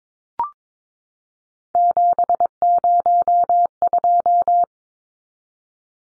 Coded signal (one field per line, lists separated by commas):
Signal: Morse code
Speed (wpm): 22 wpm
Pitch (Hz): 700 Hz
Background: none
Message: 702